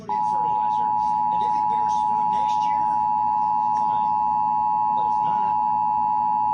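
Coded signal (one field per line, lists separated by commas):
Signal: Emergency Alert System (SAME) tones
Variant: 853 and 960 Hz attention tone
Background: speech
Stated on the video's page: Severe Thunderstorm Warning relayed on an AM broadcast station.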